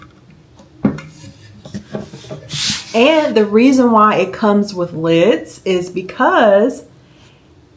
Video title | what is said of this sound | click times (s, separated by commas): Is the Ninja Crispi Worth It? See What You Get! And I made sausage and cinnamon toast | This just snaps into place. | 0.8 s